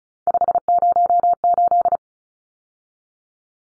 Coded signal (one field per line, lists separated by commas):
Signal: Morse code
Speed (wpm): 34 wpm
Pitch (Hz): 700 Hz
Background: none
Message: 508